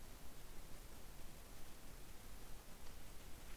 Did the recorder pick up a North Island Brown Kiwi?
no